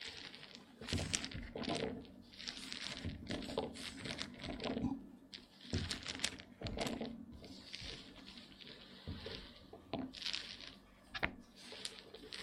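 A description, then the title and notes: Wooden eggs clack and rattle against each other, with dense runs of sharp clicks broken by brief pauses. The taps come irregularly throughout, some louder knocks standing out, over a faint rubbing, rolling sound between bursts. ASMR Relaxing wooden eggs sounds (No Talking).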